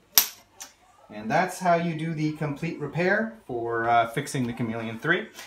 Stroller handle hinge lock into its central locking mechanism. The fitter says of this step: it's fixed locks in place if I click in the one side and pull it doesn't pull down and